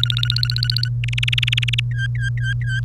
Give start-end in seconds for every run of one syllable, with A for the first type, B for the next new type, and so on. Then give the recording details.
0.00-0.89 A, 1.04-1.80 B, 1.96-2.80 C. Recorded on 1 May 2018 at 14:37. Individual llb3